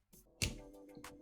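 The second ring tab of the film spool holder in a Pentax 67 camera body is pulled down until it clicks open at 0.4 s, releasing it. Softer handling sounds come just before and after, over a faint, steady, music-like tonal background.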